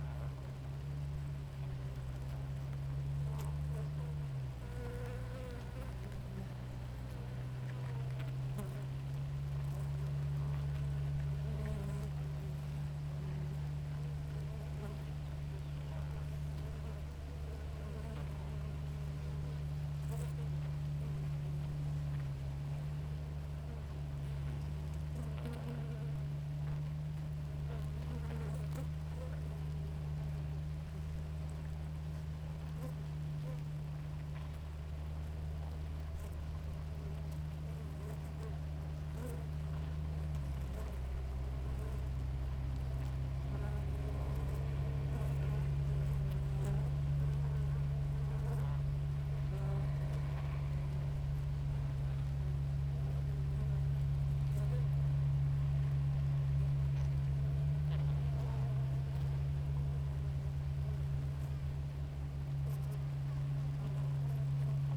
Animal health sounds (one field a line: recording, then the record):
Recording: honeybee colony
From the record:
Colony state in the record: active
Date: 28 July 2017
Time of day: 6:22